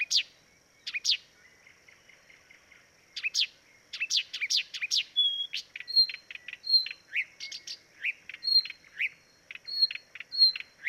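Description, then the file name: Blyth's reed warbler delivering chacking notes, then a steady series of clear whistled notes alternating with dry clicks, each motif repeated several times. Dviete. "dviete acrocephalus dumetorum"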